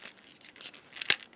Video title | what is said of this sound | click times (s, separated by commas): Transformers: POTP Sinnertwin Review | bring the beast mode heads up until they click in because there's a port on either side well a tab on either side which will go into these two holes | 1.0 s, 1.1 s